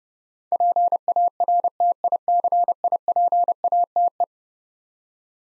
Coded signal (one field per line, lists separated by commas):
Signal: Morse code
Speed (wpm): 29 wpm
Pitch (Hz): 700 Hz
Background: none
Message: PARTICIPATE